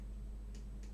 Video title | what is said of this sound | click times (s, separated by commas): 2 Xbox One controllers to repair part 4 - assembly in details & a test, but not working? | Right side click, | 0.5 s, 0.8 s